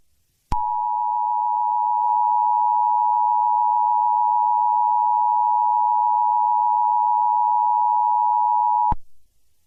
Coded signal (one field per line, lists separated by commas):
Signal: Emergency Alert System (SAME) tones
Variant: 853 and 960 Hz attention tone